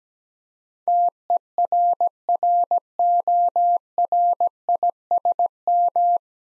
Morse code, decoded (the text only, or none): TERRORISM